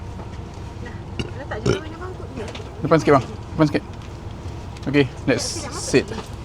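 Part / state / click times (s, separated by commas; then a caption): unidentified latch or buckle on a shuttle bus (possibly a seat belt or luggage holder) / not seated / none. Someone talks while boarding an airport hotel shuttle bus and pushes an unidentified latch or buckle, possibly a seat belt or luggage holder, into place. Short sharp sounds are heard amid the talking, but the part has not seated or clicked yet.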